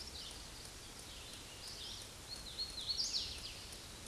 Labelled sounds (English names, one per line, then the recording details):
Hooded Warbler song
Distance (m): 30 m
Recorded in a Pennsylvania forest on 18 May 2023 at 11:02
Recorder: AudioMoth, point grid1_8_low
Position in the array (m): 134 m, 106 m